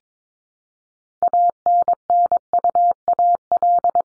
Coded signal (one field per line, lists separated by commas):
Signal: Morse code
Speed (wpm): 22 wpm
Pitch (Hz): 700 Hz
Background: none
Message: ANNUAL